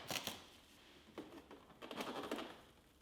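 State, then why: Not seated. A plastic interior cover is handled against the freezer ceiling of a Samsung refrigerator, with its top fitted into the ceiling slot and its bottom about to be pushed up. Short sharp plastic taps and knocks sound at about 0.2, 0.3, 1.9 and 2.3 seconds, with softer rustling in between. Nothing has seated or clicked yet.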